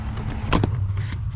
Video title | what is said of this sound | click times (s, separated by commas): How to Fix a Silverado or Sierra Parking Brake That Won’t Release | Okay, once that's locked into place, now all we have to do is screw this back on and we are all finished. | 0.5 s